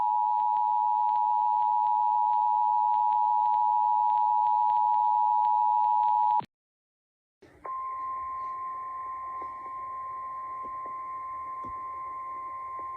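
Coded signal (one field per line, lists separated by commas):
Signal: Emergency Alert System (SAME) tones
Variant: 853 and 960 Hz attention tone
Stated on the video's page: Fictional EAS scenario about acid weather, simulated alert.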